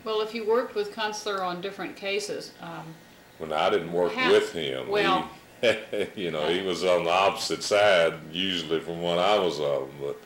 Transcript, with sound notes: Well, if you worked with Kuntsler on different cases---
Well, I didn't work--.
With him--.
Well--.
You--he-- [chuckles] --you know, he was on the opposite side, usually from what I was on but.